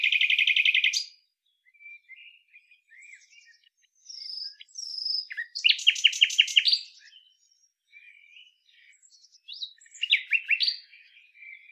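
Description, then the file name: Common nightingale singing: an opening fast rattle, quiet scattered twitters, then a loud burst of rapid repeated notes and a final sharp phrase. "Luscinia megarhynchos"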